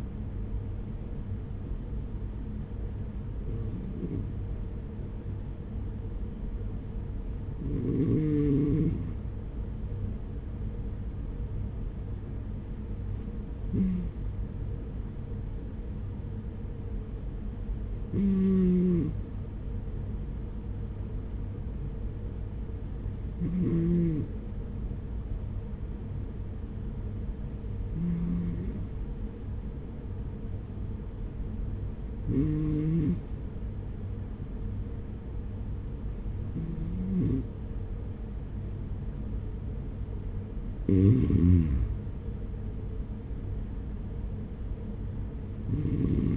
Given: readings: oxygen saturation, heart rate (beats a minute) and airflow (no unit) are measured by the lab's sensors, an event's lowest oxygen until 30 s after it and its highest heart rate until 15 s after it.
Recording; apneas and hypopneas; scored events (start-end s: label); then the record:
breathing in sleep by a smartphone at the bedside; none
none scored
From the record:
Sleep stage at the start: N2 (light sleep); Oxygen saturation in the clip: 93 to 95%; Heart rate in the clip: 44 to 49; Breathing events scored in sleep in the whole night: 210 in 6.9 hours asleep